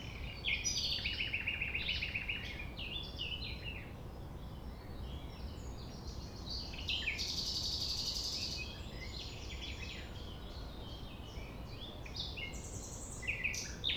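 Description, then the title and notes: Common nightingale song phrases, including an opening run of fast repeated notes and a later harsh buzzy burst, among varied high notes over a low hum. Recorded at 6 a.m. at sunrise near the Thève river, Champ de Ménage; the nightingale sings without waiting for silence. "6 A.M. Lever du soleil non loin de la Thève au Champ de Ménage. Le rossignol n'attend pas le silence."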